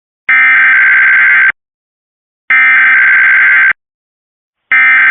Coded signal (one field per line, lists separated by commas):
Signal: Emergency Alert System (SAME) tones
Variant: header bursts